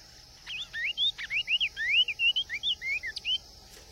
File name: Canto do bico de veludo